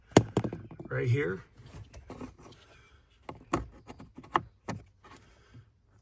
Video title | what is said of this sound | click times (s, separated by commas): Wolfbox G900 Tripro Install video for a JL Wrangler. A quick overview and then a detailed install | And this a lot of time pops off. And it clicks back in | 0.2 s